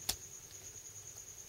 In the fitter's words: fold it back it snaps into place